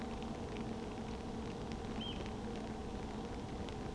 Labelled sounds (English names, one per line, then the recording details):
Eurasian Oystercatcher
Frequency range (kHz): Eurasian Oystercatcher 2.0-3.4 kHz
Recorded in France